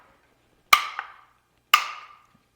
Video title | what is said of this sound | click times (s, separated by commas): 2019-2022+ LINCOLN NAUTILUS 5-dr SUV with Flush Side Rails - Best Thule's Roof Rack Crossbars | and that indicates that you've tightened it completely so i'll go ahead and do that so you can hear that click | 0.7 s, 1.7 s